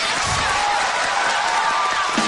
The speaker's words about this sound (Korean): 이 정도 박수로 되어주려고?